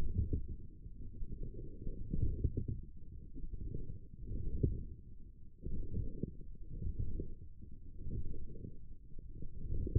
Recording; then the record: forearm muscle sounds (acoustic myography)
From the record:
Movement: forearm pronation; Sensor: system 1, eight BSWA MPA416 microphones around the upper forearm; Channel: 7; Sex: male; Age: 28 years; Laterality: right